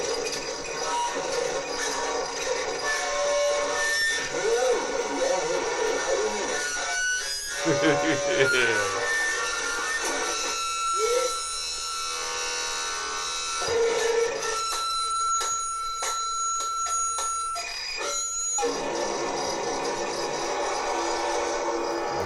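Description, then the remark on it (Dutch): Harsh, distorted vocal screams and wails from a person screaming into a telephone microphone covered with a crinkling plastic bag, with sweeping pitch bends, rattling noise bursts and sustained piercing tones over a dense, noisy drone, at a gallery opening. “Ja, hij zit nu met een plastic zak over een telefoonmicrofoon erin te schreeuwen en in te uithalen.”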